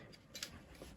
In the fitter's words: clicks just like so